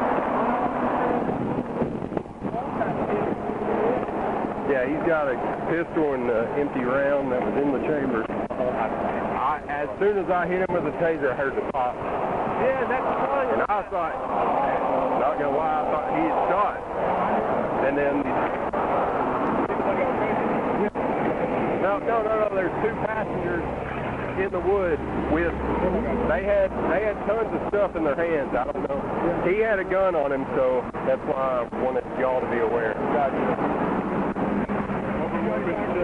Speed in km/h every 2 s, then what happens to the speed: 0, 0, 0, 0, 0, 0, 0, 0, 0, 0, 0, 0, 0, 0, 0, 0, 0, 0.
0-36 standing.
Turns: none.